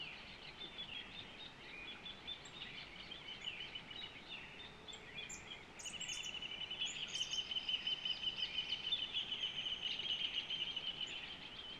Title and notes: Amanecer en el Rincón de Paiva (Centurión, Cerro Largo). Hornero, 00: 40"